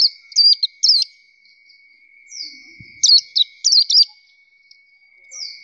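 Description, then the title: Nightingale delivering short phrases of rapid high whistles and slurred notes in clusters, with long pauses, above a constant thin tone. Training song for bird keepers to teach their birds to sing melodiously. "nightingale masteran"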